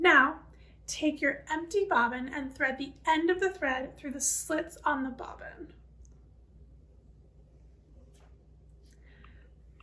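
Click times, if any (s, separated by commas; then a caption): none. Someone talks while an empty plastic bobbin is handled, with the end of the thread fed through the slits on the bobbin before it goes onto the sewing machine's bobbin winder shaft. Speech fills the first six seconds, followed by quiet with a few faint ticks and handling sounds. Nothing has clicked or seated onto the shaft yet.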